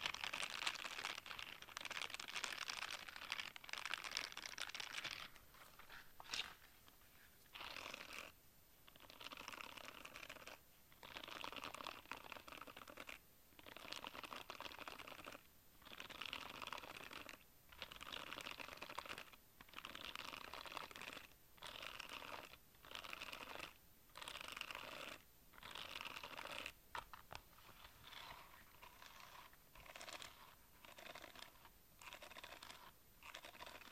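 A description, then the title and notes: Brushes sweep over squishy octopus and mermaid toys, making soft, crinkly scratching strokes. The first five seconds are a dense, continuous rasp; after that the strokes come in separate bursts roughly every second or so, each a bright papery swish with short quiet gaps between. Relax with squishy octopus and mermaid brushes...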